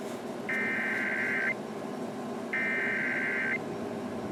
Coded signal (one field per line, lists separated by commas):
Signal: Emergency Alert System (SAME) tones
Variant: header bursts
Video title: THESE ARE DESTRUCTIVE STORMS... Severe Weather EAS Alerts from 6/26-27/24 (EAS #1,083-1,121)